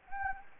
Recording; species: mosquito wingbeat signal from an infrared sensor; Anopheles gambiae